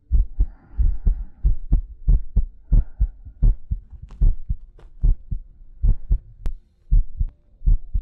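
ASMR-style close recording of an adult heartbeat, with steady low thumping beats and breathing heard alongside.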